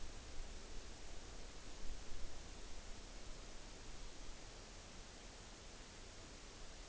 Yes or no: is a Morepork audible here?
no